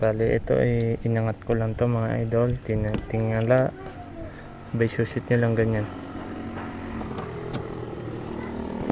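On a Toyota Corolla Big Body EE100 project car, a clip or fitting is being lifted and pushed into its mount on the car body. Someone talks for most of the first six seconds, then low, steady background noise and faint handling follow, with a brief sharp sound right at the end. Nothing has seated or clicked yet.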